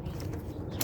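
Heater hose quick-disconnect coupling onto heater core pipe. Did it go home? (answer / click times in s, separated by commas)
yes / 0.8 s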